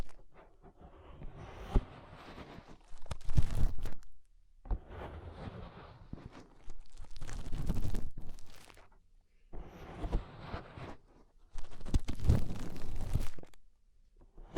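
Fingers rub inside an ear in bursts of muffled, crackly rustling, with louder scratchy pushes around four, eight and twelve seconds.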